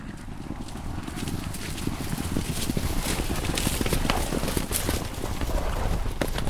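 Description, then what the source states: Horses galloping, a dense drumming of heavy hoofbeats with rustling, continuous throughout. Small group of horses running past.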